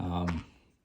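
Someone talks briefly while, after a bit has been loaded into the hollow handle of a ratcheting screwdriver, the O-ring-sealed bit-storage end cap, which seals the handle off from oil, is being pushed back toward the handle. Only a short murmur and a fading tail are heard. Nothing has seated or clicked yet.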